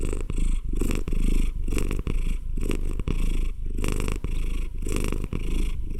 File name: CAT PURR